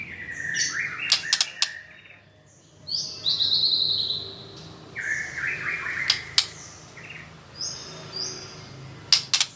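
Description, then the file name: White-rumped shama song, clear high whistled phrases with sharp clicks between them, over a faint steady background hiss. Female bird. "murai batu betina"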